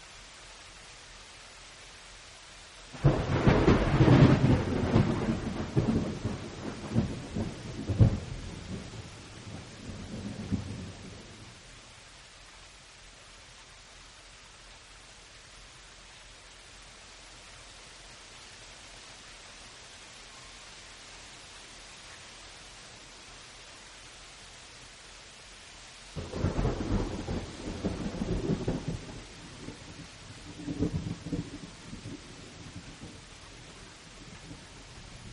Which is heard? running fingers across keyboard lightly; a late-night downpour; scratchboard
a late-night downpour